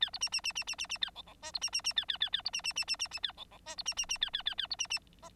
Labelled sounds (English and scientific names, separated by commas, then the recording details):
Bengalese Finch (Lonchura striata domestica) song
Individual Bird9